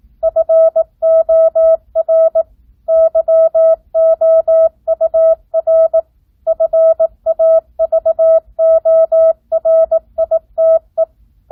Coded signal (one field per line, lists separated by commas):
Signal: Morse code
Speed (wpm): 18 wpm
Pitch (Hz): 650 Hz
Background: none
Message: FOR YOUR FAVORITE